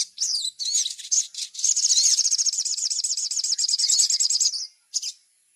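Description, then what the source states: Little spiderhunter song: quick twittering notes that run into a sustained, fast, high rattling trill, ending with one short burst. Training song, described as labaik.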